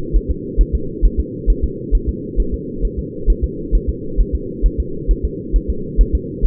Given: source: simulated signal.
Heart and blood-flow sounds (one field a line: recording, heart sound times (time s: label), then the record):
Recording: fetal heart sounds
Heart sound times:
0.16 s: S1
0.30 s: S2
0.61 s: S1
0.75 s: S2
1.05 s: S1
1.19 s: S2
1.50 s: S1
1.64 s: S2
1.95 s: S1
2.09 s: S2
2.40 s: S1
2.54 s: S2
2.85 s: S1
2.99 s: S2
3.30 s: S1
3.44 s: S2
3.75 s: S1
3.89 s: S2
4.20 s: S1
4.35 s: S2
4.66 s: S1
4.80 s: S2
5.11 s: S1
5.25 s: S2
5.56 s: S1
5.70 s: S2
6.01 s: S1
6.15 s: S2
6.45 s: S1
From the record:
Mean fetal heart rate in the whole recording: 135 bpm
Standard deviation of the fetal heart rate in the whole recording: 3 bpm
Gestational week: 36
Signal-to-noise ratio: -4.3 dB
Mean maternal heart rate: 72 bpm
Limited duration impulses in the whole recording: present